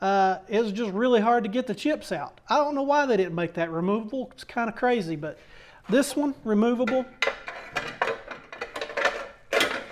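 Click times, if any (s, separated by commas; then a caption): none. Someone talks while the removable metal chip tray of an Evolution EVO SAW 380 metal-cutting chop saw is handled and slid toward the saw base, where it is meant to lock in place so it can't come out. Sharp metallic clatters sound from about 7.8 to 8.8 seconds. The clip ends before the tray goes home, and nothing has seated or clicked yet.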